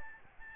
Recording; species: mosquito wingbeat signal from an infrared sensor; Aedes albopictus